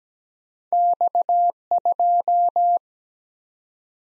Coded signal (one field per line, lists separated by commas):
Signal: Morse code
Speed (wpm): 17 wpm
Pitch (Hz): 700 Hz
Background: none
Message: X2